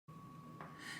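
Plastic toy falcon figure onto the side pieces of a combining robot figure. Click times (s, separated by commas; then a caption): 0.6 s. A plastic toy falcon zord figure is pressed onto the side pieces of a combining Power Rangers megazord robot figure. A short click sounds at 0.6 s over a steady background hum, followed by brighter rustling handling noise. The falcon zord seats and clicks into place on the side pieces.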